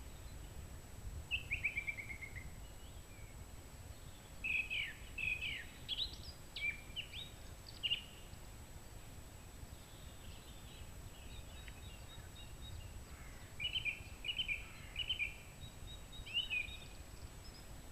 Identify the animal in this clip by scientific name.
Turdus philomelos